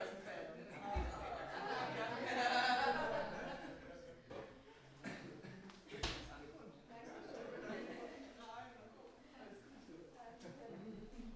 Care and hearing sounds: everyday scene through a hearing-aid microphone; many people talking; many voices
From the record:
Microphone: behind the ear, right, front

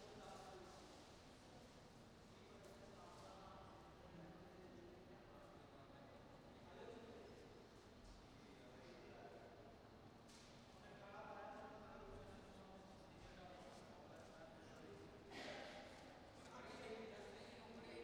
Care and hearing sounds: everyday scene through a hearing-aid microphone; reverberant space; background noise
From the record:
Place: railway station hall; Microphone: in the ear canal, right

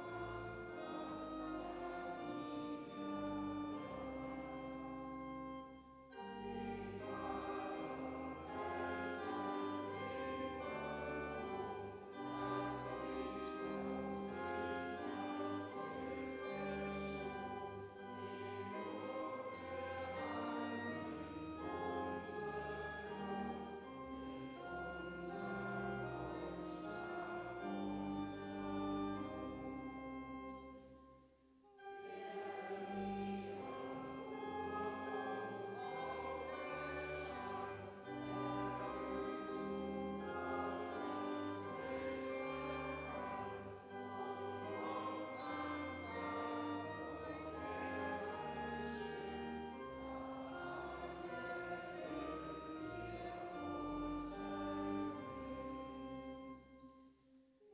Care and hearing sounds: everyday scene through a hearing-aid microphone; reverberant space; music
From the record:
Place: church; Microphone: in the ear canal, left

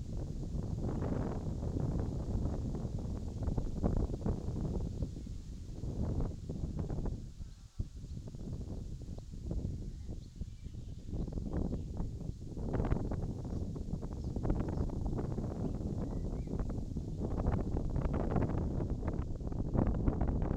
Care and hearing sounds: everyday scene through a hearing-aid microphone; wind on the microphone; wind, birds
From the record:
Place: in front of a rural house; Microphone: in the ear canal, left

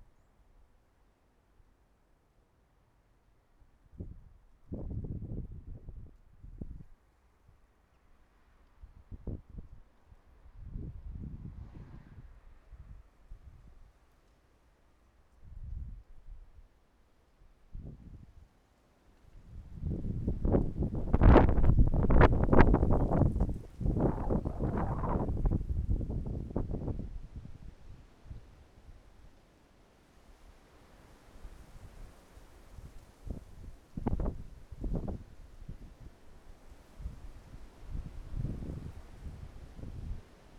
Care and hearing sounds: everyday scene through a hearing-aid microphone; wind on the microphone; wind, traffic, birds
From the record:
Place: suburban garden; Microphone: behind the ear, right, front

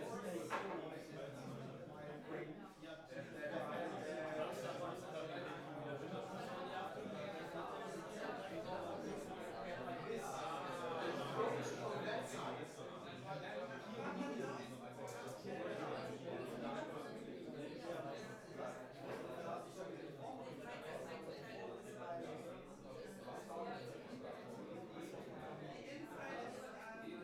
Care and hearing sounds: everyday scene through a hearing-aid microphone; many people talking; many voices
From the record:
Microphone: behind the ear, right, front

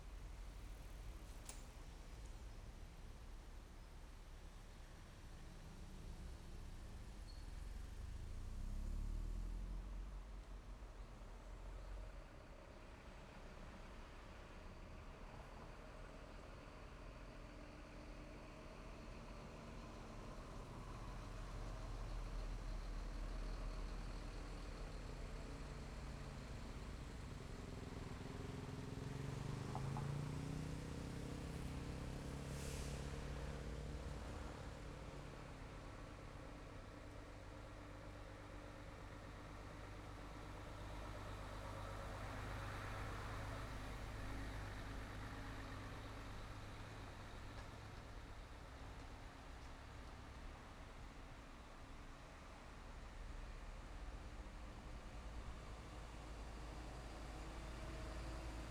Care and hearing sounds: everyday scene through a hearing-aid microphone; in traffic; traffic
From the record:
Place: main road on the outskirts, rush hour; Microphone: behind the ear, left, rear

